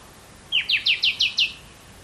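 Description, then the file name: Common nightingale song phrase of six quick, clear, downslurred notes repeated evenly over about one second, against quiet background. "Luscinia megarhynchos"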